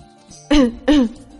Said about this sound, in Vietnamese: Bạch Ngọc Đường đi phía trước ho khan một tiếng.